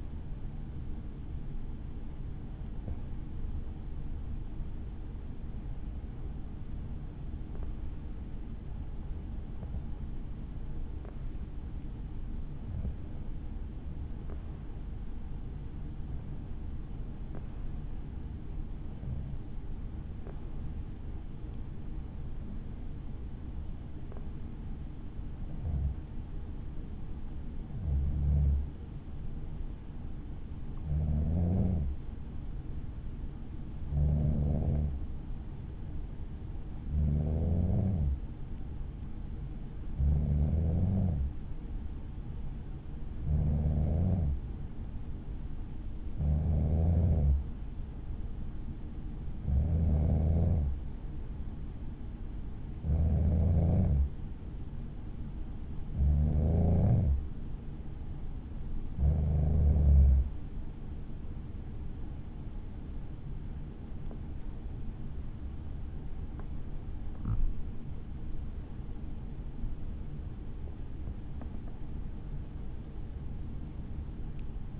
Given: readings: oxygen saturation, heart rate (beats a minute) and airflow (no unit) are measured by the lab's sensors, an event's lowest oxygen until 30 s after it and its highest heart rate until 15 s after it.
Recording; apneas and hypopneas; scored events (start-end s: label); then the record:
breathing in sleep by a smartphone at the bedside; 1
22.00-56.80 s: hypopnea (N2, oxygen 94% highest, then 91% lowest, heart rate 53 at the start, 69 highest)
55.00-74.80 s: new sleep stage, N1 (lightest sleep)
From the record:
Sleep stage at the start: N2 (light sleep); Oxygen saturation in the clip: 91 to 94%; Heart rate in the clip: 52 to 70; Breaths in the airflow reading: 23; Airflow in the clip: -6.3 to 8.4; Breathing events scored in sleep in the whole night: 216 in 7.0 hours asleep